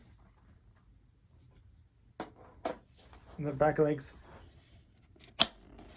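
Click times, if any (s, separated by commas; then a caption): 5.4 s. A plastic back leg of a Brachiosaurus dinosaur figure is pressed into the body socket while someone talks, with a few soft handling taps before it. The leg snaps into place with a sharp click at 5.4 s.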